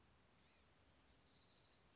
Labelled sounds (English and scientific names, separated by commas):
Blue-gray Gnatcatcher (Polioptila caerulea)